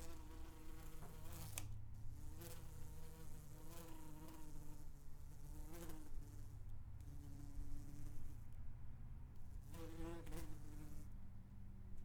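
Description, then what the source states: Wasp droning steadily, its buzzing hum rising and falling in pitch, with faint clicks. Wasp buzzing while flying around.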